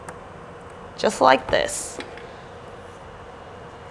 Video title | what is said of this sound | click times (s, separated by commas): Understanding SFP+ Modules: Choosing the Right Fiber Optic Transceivers for Your 10G Switch | plug it in until you hear the click sound | 0.1 s